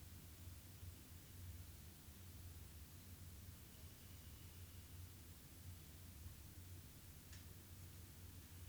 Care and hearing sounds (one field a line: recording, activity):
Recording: daily activity, guitar pickup as the sensor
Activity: sit